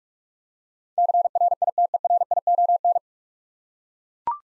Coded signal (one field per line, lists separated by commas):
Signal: Morse code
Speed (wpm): 41 wpm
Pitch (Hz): 700 Hz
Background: none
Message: CRITERION